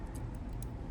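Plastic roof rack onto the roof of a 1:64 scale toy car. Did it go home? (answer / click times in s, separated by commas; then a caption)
yes / 0.6 s. A small plastic roof rack is slid onto the roof of a 1:64 scale die-cast Hot Wheels Elite 64 1982 Toyota Land Cruiser FJ45 Troopy toy car, with soft handling noise throughout. A sharp, faint high click comes at 0.6 s as the rack snaps into place, seated nice and snug.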